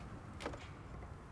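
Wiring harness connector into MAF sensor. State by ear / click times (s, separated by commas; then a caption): not seated / none. A wiring harness electrical connector is handled at the mass air flow (MAF) sensor of a Jeep, to be pushed on until its latch clicks. A low, steady background rumble is broken by a brief broadband rustle and scrape peaking around 0.5 seconds. Nothing has seated or clicked yet.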